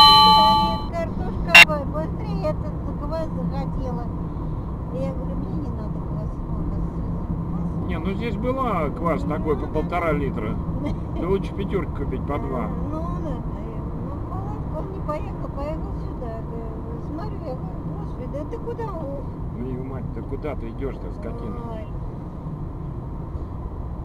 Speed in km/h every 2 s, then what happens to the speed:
50, 50, 49, 50, 51, 52, 51, 49, 47, 45, 38, 38.
0-13 steady at about 50. 13-20 slows to 38.